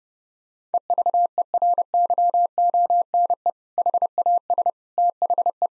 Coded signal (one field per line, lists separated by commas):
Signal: Morse code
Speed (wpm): 32 wpm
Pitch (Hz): 700 Hz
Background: none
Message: EVERYONE HAS THE